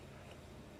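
A dual-pane RV window on a 2024 Ember 28BH is pushed further open, moving its opening stay in the window frame toward the next detent. Only steady, even broadband noise is heard with no distinct transients, and the stay has not clicked or seated into its next position yet.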